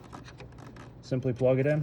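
A wiring harness connector is pushed onto the base of a replacement Auxito 9005 LED high-beam bulb in the headlight of a 2016–2020 Honda Civic, with faint, brief handling ticks early on before someone talks. Nothing has seated or clicked yet; the connector is not yet home.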